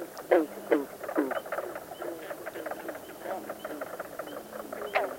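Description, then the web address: Sparrows chattering, a busy mix of short chirps and clipped notes tumbling over one another, with a few louder chips standing out against a soft background hiss. Sparrows heard at night. "A Guide to Night Sounds. Sparrows"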